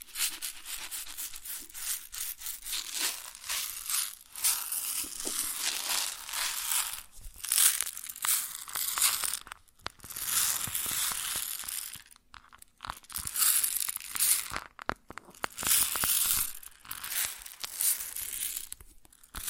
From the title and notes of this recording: ASMR Grain Sounds (No Talking).